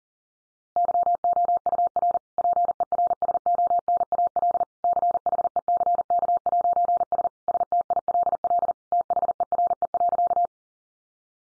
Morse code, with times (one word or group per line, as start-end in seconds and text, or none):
0.8-2.2 YOUR
2.4-4.6 PERSONAL
4.8-7.3 CHECK'S
7.5-8.7 STILL
8.9-10.5 THERE.